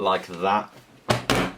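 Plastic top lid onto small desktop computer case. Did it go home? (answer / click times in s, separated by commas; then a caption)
yes / 1.3 s. Someone talks, then the plastic top lid of a Mac Mini G4 small desktop computer is pushed down onto the case. A sharp knock at 1.1 s is followed by a loud snap at 1.3 s as the lid seats into place and the unit is back together.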